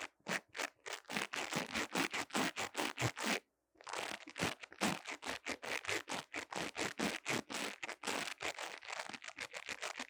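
Quick, regular scratches and taps on a mini mic, bright and rasping, repeating steadily with a brief silent gap near three and a half seconds.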